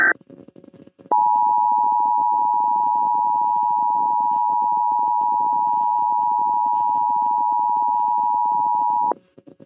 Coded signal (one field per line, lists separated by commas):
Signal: Emergency Alert System (SAME) tones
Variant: 853 and 960 Hz attention tone